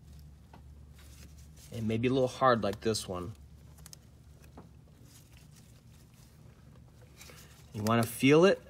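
A wiring harness connector is handled at a plastic ignition coil on a 2011-2017 Ford F-150 5.0L Coyote engine during spark plug replacement, with faint handling ticks and someone talking in two bursts. Nothing has seated or clicked yet; the connector is not yet pushed home and locked.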